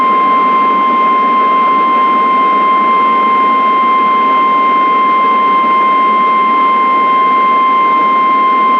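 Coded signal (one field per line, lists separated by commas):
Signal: Emergency Alert System (SAME) tones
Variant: 1050 Hz attention tone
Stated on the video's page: Simulated Tornado Watch (PDS) EAS header listing all counties, made with an EAS encoder, about 11.728 seconds long, for an EAS scenario.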